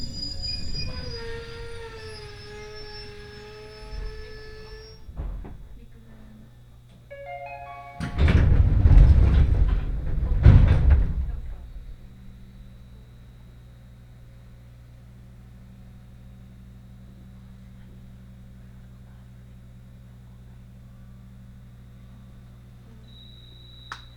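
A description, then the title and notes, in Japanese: A local train on the Senseki Line, from Matsushima-Kaigan toward Ishinomaki. A bright, wavering whine of the train's motor falls away over the first five seconds, then a loud rushing burst with a short rising squeal sweeps past from about eight to eleven seconds. After that a steady low rumble and hum carries on quietly to the end. 仙石線 普通 松島海岸→石巻。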